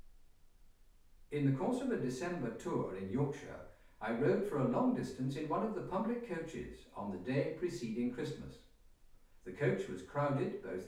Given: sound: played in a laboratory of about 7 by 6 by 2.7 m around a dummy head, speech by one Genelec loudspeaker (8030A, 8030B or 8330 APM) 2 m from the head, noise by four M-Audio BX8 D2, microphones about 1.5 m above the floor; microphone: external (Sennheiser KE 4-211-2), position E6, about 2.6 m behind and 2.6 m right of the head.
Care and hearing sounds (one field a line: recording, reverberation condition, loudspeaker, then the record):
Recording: male speech in English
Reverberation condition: medium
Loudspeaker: 90 degrees to the left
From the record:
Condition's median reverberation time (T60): about 510 ms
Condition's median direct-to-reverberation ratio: about -0.5 dB